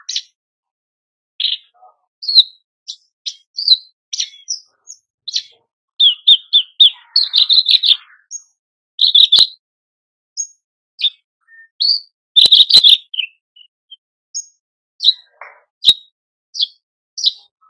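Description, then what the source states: Horsfield's bush lark delivering a long varied song of high chirps, trills and buzzy notes, with occasional loud clicks. Masteran for training cage birds; a very active, vigorous singer.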